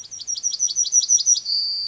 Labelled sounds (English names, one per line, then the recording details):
Yellowhammer song
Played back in forest
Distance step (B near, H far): C
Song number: 151